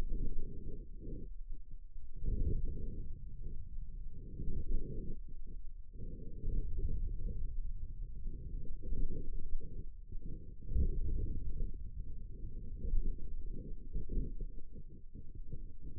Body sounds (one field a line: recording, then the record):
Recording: forearm muscle sounds (acoustic myography)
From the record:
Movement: ulnar deviation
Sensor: system 2, bracelet of six BSWA MPA416 microphones around the upper forearm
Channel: 4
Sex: male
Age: 22 years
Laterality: right